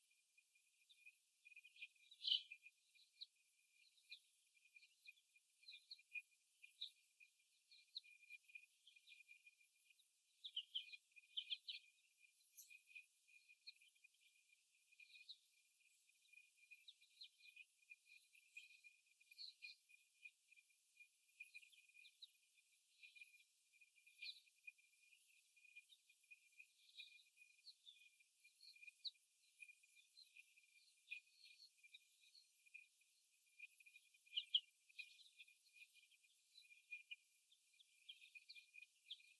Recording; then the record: young laying hens in a cage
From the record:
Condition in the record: after the stressor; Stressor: simulated dog barking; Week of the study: 1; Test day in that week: 1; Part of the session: 3